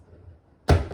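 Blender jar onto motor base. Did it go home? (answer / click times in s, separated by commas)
yes / 0.7 s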